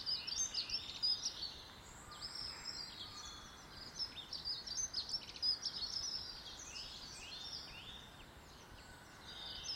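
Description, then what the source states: Bird chorus, a busy stream of sharp high chirps and whistled notes from several birds, rising and falling in bursts throughout. Birds in a garden.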